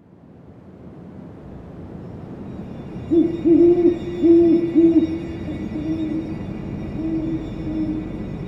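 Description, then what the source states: Great horned owl hooting, a deep rhythmic series of low hoots, the first few louder, then softer trailing hoots, over steady wind-like rumble. Song, one of the most recognizable bird sounds; recorded by an automated recording unit.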